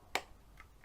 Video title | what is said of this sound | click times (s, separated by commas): Diamond Art Club First Look At Sunset Falls! | Clicks in place | 0.1 s